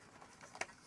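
An add-on ROM board, sitting loose on its pins in an early compact Macintosh, is pushed down by hand onto the socket pins of the computer's logic board. A faint double tick is heard at 0.6 and 0.6 seconds, and the board is now seated properly.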